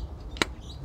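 A spark plug wire boot (ignition cord boot) is pushed back down onto a newly fitted spark plug in the engine of a Palio R. A faint tick comes at 0.4 seconds, then a sharp, bright snap at 0.4 seconds as the boot clicks and seats on the plug.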